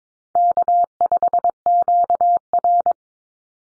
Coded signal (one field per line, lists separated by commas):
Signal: Morse code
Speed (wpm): 22 wpm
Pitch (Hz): 700 Hz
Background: none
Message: K5QR